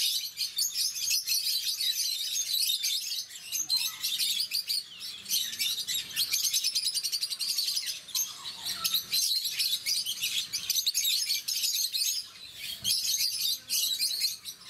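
Rosy-faced lovebird calls: a dense, nearly continuous chatter of shrill chirps and squeaks.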